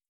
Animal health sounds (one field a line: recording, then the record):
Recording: hydrophone in a shrimp aquaculture tank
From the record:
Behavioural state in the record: feeding